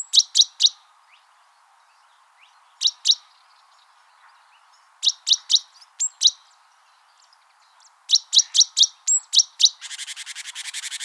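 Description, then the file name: Great tit: bright chirping notes in short clusters with gaps, ending in a harsh, rapid buzzy churr during the last second. "Parus major"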